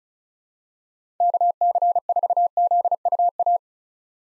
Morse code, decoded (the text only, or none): KC4ZUA